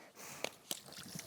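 A farmer disconnects a hose quick coupler from its quick-coupler valve fitting, with water running through the hose. Two sharp, short clicks at 0.4 s and 0.7 s mark the coupling coming apart, followed by a fainter knock near 1.2 s. The quick coupler is released from the valve.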